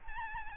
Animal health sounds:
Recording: mosquito wingbeat signal from an infrared sensor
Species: Aedes albopictus

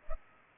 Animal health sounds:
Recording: mosquito wingbeat signal from an infrared sensor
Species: Culex pipiens

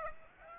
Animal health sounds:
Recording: mosquito wingbeat signal from an infrared sensor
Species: Aedes aegypti

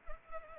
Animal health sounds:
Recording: mosquito wingbeat signal from an infrared sensor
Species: Culex pipiens

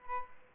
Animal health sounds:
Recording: mosquito wingbeat signal from an infrared sensor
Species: Aedes albopictus

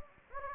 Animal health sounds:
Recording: mosquito wingbeat signal from an infrared sensor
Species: Anopheles gambiae

